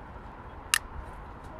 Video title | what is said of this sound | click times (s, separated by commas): Snapfurl CF-700 Installation | they snap together pretty easily and you hear clicking as it goes down | 0.7 s